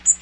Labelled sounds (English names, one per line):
Magnolia Warbler flight call